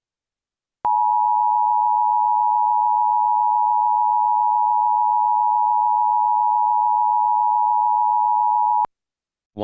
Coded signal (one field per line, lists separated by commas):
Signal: Emergency Alert System (SAME) tones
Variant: 853 and 960 Hz attention tone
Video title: EAS Blue Alert Herman, Missouri (St. Louis Area) Statewide Alert (Two Police Officers Shot)